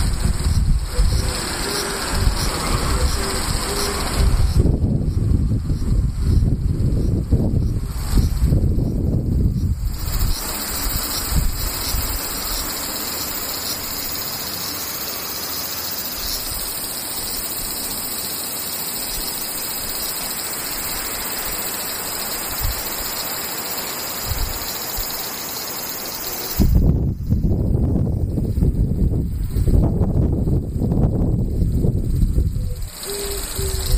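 Cicadas keep up a steady, thin high drone throughout, while rumbling wind gusts buffet the microphone around five to ten and twenty-seven to thirty-three seconds.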